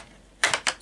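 A fabric speaker grille is pressed onto the front baffle of a wooden Klipsch Forte III loudspeaker cabinet, where it is also held by magnets. After a quiet start, a loud sharp snap at 0.4 s marks the grille seating in place, followed by two smaller sharp knocks at about 0.5 s and 0.7 s.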